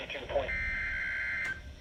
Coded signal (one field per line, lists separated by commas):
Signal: Emergency Alert System (SAME) tones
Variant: header bursts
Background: speech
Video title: Home Siren Activations + Tons Of EAS (EAS 43-49)